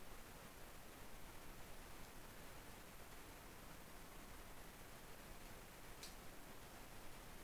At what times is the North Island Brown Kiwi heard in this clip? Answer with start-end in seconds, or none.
none